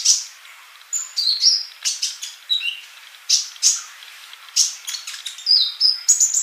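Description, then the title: Bird song of rapid, high chirps and short whistled notes, some rising and falling, delivered in quick bursts with brief pauses. "Kicau Burung"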